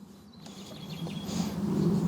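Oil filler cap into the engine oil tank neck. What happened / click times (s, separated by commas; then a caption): The cap is handled but has not clicked home yet / none. The oil filler cap on the engine oil tank of an Audi R8 V10 / V10 Plus is handled at the tank neck, having been pulled off and checked for water getting into the tank before being pushed back into place. A soft handling sound leads to a brief knock near 0.5 s, followed by steadily rising handling noise. Nothing has seated or clicked yet.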